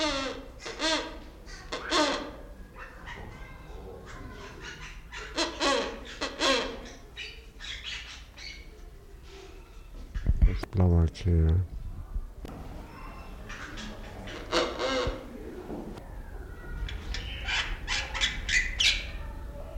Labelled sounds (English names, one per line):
Wreathed Hornbill